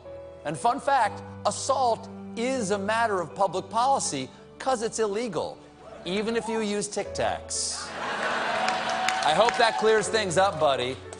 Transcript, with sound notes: And fun fact - assault is a matter of public policy 'cause it's illegal even if you use Tic Tacs.
(LAUGHTER)
I hope that clears things up, buddy.